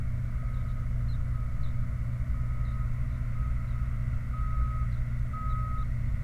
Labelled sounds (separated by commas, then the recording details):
songbird, truck
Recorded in the Prudhoe Bay oil fields, Alaska, on 29 July 2019 at 03:57
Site 29